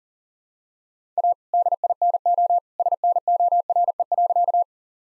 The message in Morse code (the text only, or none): A DINO SNORE.